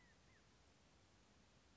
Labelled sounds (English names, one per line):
California Quail